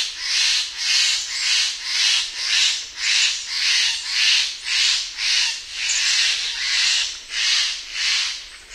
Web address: Songs of Birds of North America Know Your Bird Sounds Common Western Species Stellers Jay